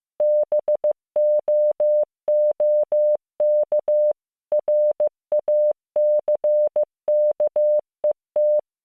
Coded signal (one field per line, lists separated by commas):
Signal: Morse code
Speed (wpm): 15 wpm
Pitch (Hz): 600 Hz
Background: none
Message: BOOK RACKET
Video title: モールス信号聞き流し⑧ Learn Morse Code